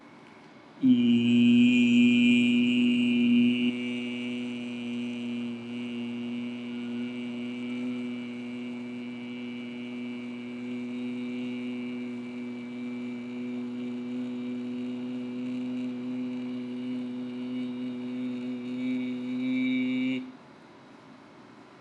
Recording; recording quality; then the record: sustained vowel as in beet; excellent, no background noise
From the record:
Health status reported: healthy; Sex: male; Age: 40 years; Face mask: not worn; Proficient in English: yes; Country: India